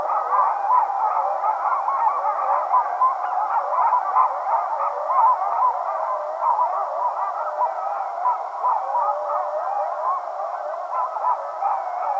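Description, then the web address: Coyotes in a continuous chorus of overlapping wavering howls, warbling up and down without pause throughout. Several coyotes, recorded 15 February 2012. "Coyote 2012 02 15 Coyotes"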